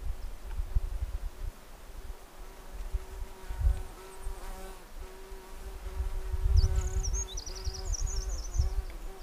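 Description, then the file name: Eurasian wren song, a brisk burst of high trilled notes late, while a steady insect drone hums beneath and wind thumps low. "Troglodytes troglodytes"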